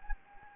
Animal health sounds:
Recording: mosquito wingbeat signal from an infrared sensor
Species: Anopheles gambiae

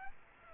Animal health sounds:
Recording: mosquito wingbeat signal from an infrared sensor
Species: Aedes aegypti

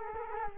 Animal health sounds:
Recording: mosquito wingbeat signal from an infrared sensor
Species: Culex quinquefasciatus

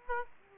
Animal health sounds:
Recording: mosquito wingbeat signal from an infrared sensor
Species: Aedes aegypti

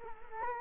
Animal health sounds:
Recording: mosquito wingbeat signal from an infrared sensor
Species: Culex quinquefasciatus

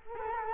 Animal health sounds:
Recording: mosquito wingbeat signal from an infrared sensor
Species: Culex quinquefasciatus

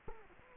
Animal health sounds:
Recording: mosquito wingbeat signal from an infrared sensor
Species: Culex quinquefasciatus

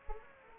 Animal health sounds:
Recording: mosquito wingbeat signal from an infrared sensor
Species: Anopheles gambiae

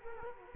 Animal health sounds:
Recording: mosquito wingbeat signal from an infrared sensor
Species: Culex quinquefasciatus

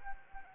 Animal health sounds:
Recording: mosquito wingbeat signal from an infrared sensor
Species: Anopheles arabiensis

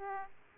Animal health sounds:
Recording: mosquito wingbeat signal from an infrared sensor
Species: Aedes aegypti

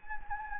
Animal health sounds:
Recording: mosquito wingbeat signal from an infrared sensor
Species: Anopheles gambiae

